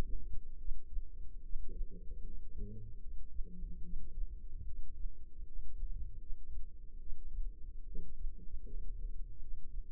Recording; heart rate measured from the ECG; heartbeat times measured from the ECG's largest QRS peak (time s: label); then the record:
heart sounds by microphone in the left ear; 75 bpm
0.57 s: heartbeat
1.41 s: heartbeat
2.22 s: heartbeat
2.99 s: heartbeat
3.81 s: heartbeat
4.64 s: heartbeat
5.43 s: heartbeat
6.17 s: heartbeat
6.98 s: heartbeat
7.84 s: heartbeat
8.65 s: heartbeat
9.38 s: heartbeat
From the record:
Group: healthy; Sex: female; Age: 22 years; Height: 161 cm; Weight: 65.5 kg